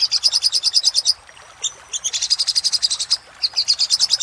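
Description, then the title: Little spiderhunter giving fast repeated high squeaky notes in a steady rattle, with a couple of brief pauses before resuming the rapid series. Master recording for training cage birds; labaik variant. "Masteran Burung Sogok Ontong Labaik"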